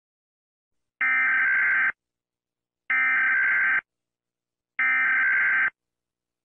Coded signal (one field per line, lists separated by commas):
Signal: Emergency Alert System (SAME) tones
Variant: header bursts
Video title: EAS Scenario #7: SCP 001 - When Day Breaks